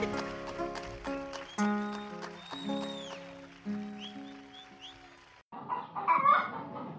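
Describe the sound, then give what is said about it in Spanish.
Hens in a henhouse cluck and chatter in overlapping bursts over a busy mix of sustained tones and clattering sounds, with a brief silence before a noisier, louder stretch of clucking at the end. “En el corral esperan no engordar mucho o acumular más huevos para no ser las próximas en la olla. Se sienten cómodas en el gallinero.”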